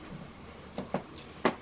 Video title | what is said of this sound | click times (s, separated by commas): Hatsan Blitz .22 Silencer Suppressor Full Auto w/ Donny FL | it snaps right in so the correct spacing see this the | 1.5 s